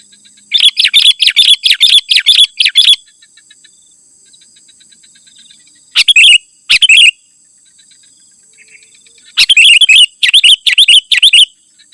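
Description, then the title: Sooty-headed bulbul delivering rapid runs of sharp chirps, a pause with two brief notes, then another fast burst; a faint high whine continues. "kutilang"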